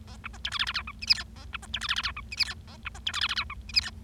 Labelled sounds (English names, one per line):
Bengalese Finch song